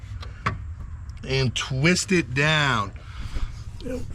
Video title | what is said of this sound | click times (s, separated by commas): 2015-2020 GMC Yukon Headlight Replacement - LED Upgrade for Better Visibility | gently slide it in till it clicks flush | 0.5 s